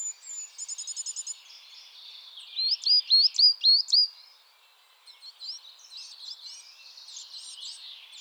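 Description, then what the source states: Coal tit calling: a quick burst of fine high ticks, then a run of several loud, sharp upslurred notes, followed by softer scattered twitters. Chattering (bavarde) calls.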